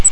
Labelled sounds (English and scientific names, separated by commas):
Grace's Warbler (Setophaga graciae) flight call